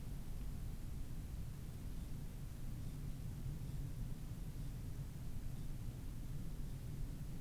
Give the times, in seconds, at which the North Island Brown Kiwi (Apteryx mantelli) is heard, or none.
none